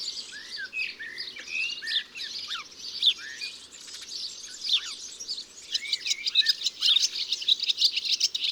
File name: Serin cini ABC des chants doiseaux